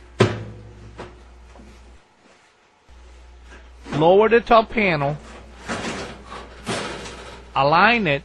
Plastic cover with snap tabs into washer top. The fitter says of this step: sure that these tab is aligned with the lid switch set it in place push down until each tab snaps in place